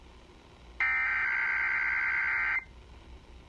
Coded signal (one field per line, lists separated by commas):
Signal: Emergency Alert System (SAME) tones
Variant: header bursts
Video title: 740 KCBS EAS Required Monthly Test 09/13/2023 with Test Fail! #emergencyalertsystem